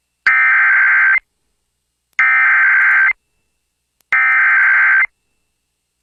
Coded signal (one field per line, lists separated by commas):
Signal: Emergency Alert System (SAME) tones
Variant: header bursts